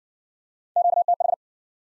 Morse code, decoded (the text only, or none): QTH